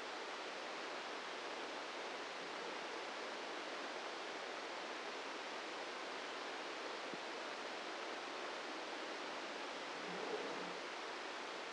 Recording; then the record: brain microelectrode recording played as sound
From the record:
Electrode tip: inside the subthalamic nucleus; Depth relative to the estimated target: -1 mm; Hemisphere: left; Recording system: NeuroSet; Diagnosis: Parkinson's disease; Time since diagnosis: 8 years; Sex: male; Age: 46 years